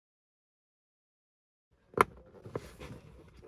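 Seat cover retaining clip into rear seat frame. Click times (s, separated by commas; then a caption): 2.0 s. A seat cover retaining clip is pushed into the rear seat frame while rear heated seats are being installed in a 2024 Chevrolet Silverado EV. After about two seconds of silence, a sharp snap at 2.0 s marks the clip seating. Fainter knocks follow around 2.6 s and 3.3 s.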